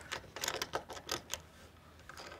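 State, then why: Not seated. A Rockler deluxe hold-down clamp, slid into the aluminium T-track of a workbench, is handled as it is tightened down toward a wooden board. A series of sharp, bright mechanical ticks and rattles is heard. Nothing has seated or locked yet by the end of the clip.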